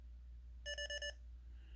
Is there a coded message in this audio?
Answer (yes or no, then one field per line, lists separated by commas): no